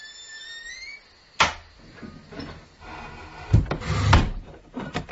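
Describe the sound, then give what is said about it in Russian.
A house door is eased shut by someone who has just entered: a soft wooden knock, then a low rumbling shuffle and a muffled thud as it settles into the frame, with faint creaks and clicks trailing off. “Войдя в дом, телефон осторожно закрыл за собой дверь.”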